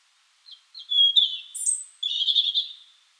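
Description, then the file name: European robin giving thin, high whistled notes, a higher squeaky note, then a short scratchy burst of twittering. "Erithacus rubecula"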